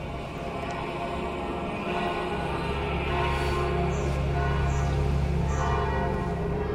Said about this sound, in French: Alors là, c'est les cloches de Saint-Pierre que vous entendez, et puis de l'église paroissiale, parce que la messe va commencer.